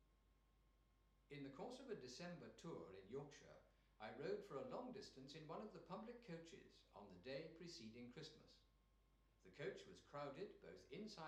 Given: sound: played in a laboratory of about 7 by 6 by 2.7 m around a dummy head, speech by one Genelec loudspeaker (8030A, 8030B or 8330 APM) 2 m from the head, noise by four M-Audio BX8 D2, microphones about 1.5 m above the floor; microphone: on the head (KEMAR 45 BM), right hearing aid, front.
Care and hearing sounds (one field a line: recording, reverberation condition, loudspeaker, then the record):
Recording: male speech in English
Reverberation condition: medium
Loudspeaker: 120 degrees to the right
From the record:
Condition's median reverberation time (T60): about 510 ms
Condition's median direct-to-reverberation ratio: about -0.5 dB